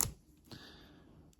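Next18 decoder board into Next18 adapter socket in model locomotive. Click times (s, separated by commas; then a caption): 0.0 s. A Next18 sound decoder board is pushed into its Next18 adapter socket in a TT:120 model locomotive, a Hornby 08. It seats with a sharp, loud, positive click at 0.0 s, followed by a quieter tick near 1.3 s.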